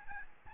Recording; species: mosquito wingbeat signal from an infrared sensor; Aedes albopictus